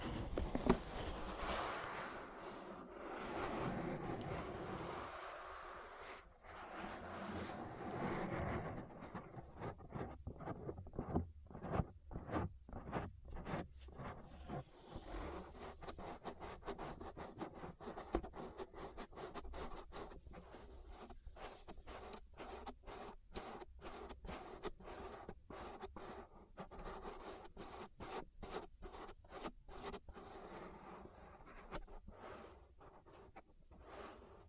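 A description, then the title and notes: Ear massage sounds: the first eight seconds are dense, rubbing and brushing with soft thumps. After that it becomes a rapid, fairly regular series of short scratchy strokes, like quick rubbing or scraping, continuing steadily to the end at an even level. ASMR Relaxing Ear Massage.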